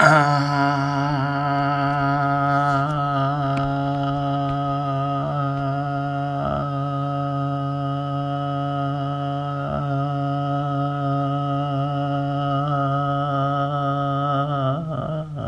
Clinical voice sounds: sustained vowel /a/; male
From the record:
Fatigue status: no fatigue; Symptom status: symptomatic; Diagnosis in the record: COVID-19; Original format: m4a

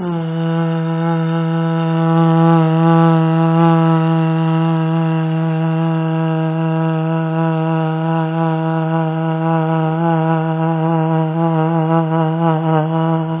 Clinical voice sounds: sustained vowel /a/; female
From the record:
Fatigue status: fatigue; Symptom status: symptomatic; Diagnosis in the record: COVID-19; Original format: 3gp

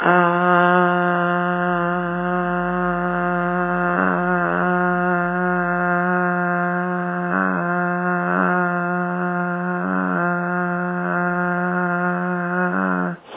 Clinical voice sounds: sustained vowel /a/; female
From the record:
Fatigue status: no fatigue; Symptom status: symptomatic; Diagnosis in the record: COVID-19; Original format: 3gp

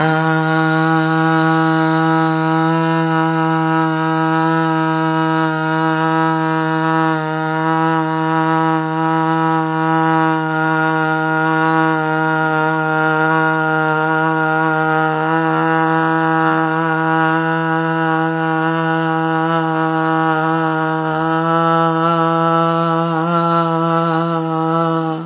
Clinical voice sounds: sustained vowel /a/; female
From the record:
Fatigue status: no fatigue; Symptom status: symptomatic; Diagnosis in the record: COVID-19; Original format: 3gp

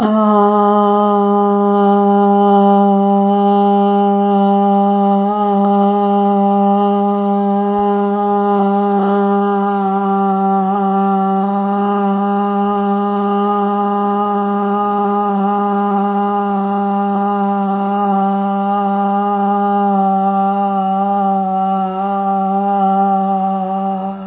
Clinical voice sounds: sustained vowel /a/; female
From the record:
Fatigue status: fatigue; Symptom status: symptomatic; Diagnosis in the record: COVID-19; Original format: 3gp

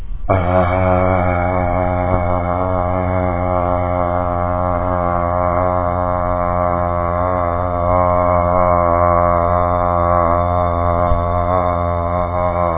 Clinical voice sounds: sustained vowel /a/; male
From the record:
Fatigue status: no fatigue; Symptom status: symptomatic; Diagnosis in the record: COVID-19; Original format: 3gp

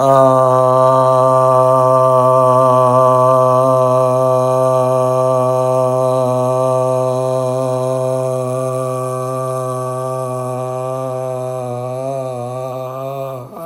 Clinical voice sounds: sustained vowel /a/; male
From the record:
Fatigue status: no fatigue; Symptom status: asymptomatic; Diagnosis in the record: COVID-19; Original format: m4a

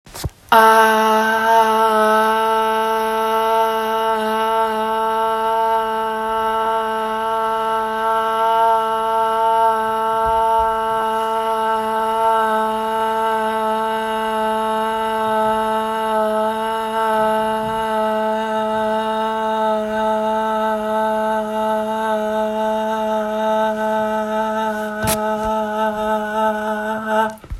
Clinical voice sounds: sustained vowel /a/; female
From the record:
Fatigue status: no fatigue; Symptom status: asymptomatic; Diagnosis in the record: COVID-19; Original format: m4a

